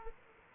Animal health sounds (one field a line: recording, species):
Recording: mosquito wingbeat signal from an infrared sensor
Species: Aedes aegypti